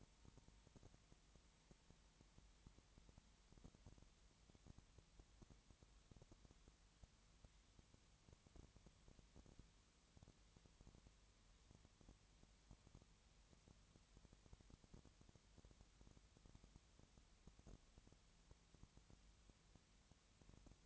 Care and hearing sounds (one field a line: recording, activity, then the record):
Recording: daily activity, microphone in the room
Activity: no activity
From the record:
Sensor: 3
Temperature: 20.6 degrees Celsius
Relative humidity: 34.7%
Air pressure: 1007.2 hPa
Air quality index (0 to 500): 137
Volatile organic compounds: 3 ppm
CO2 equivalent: 1526 ppm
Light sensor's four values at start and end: 2/3/2/2 and 2/3/2/2